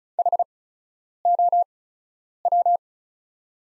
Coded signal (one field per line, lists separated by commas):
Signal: Morse code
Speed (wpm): 34 wpm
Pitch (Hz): 700 Hz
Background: none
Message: HOW